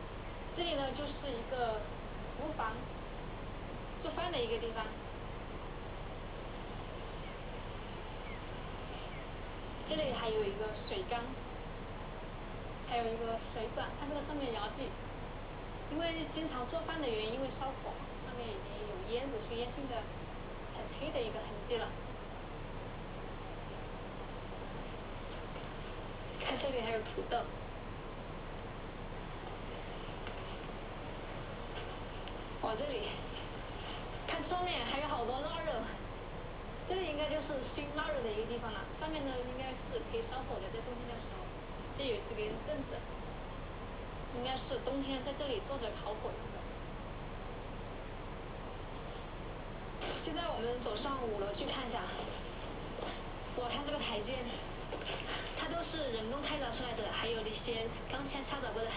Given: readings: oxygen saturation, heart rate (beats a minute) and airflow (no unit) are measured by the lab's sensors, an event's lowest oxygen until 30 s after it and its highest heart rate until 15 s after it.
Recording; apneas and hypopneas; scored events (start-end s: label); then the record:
a person awake in a sleep study, by a voice recorder at the bedside; none
0.00-58.96 s: awake
From the record:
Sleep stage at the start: awake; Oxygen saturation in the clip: 94%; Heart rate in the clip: 60 to 66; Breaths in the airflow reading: 19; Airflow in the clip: -4.7 to 5.0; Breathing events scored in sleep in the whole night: 476 in 9.7 hours asleep